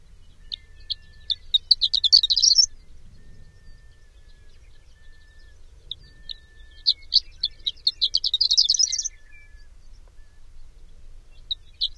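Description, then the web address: Horned lark song: high, tinkling bursts of rapid notes that speed up into a jumbled rising twitter, two phrases separated by pauses and the start of a third, with a faint steady low hum beneath. Common western North American species. "Songs of Birds of North America Know Your Bird Sounds. Horned Lark"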